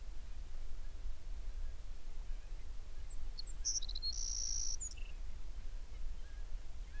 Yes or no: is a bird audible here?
yes